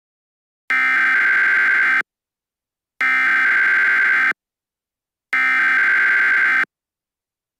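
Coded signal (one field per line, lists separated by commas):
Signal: Emergency Alert System (SAME) tones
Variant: header bursts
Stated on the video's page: Fictional EAS scenario about a virus plague, not a real alert.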